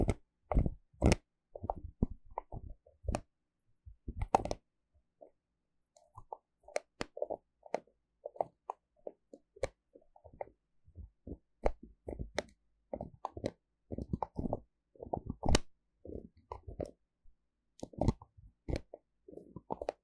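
Bottles and jars being tapped and handled, with dense, irregular clicks, knocks and clatters throughout, plus a few sharp bright cap sounds.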